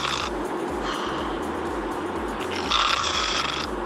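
Several loud, rasping, snorting snores from a man, heard through a closed bedroom door over a steady room hum: very loud snoring, as loud as a pig, abnormal enough to suggest he needs a mask machine and a GP visit.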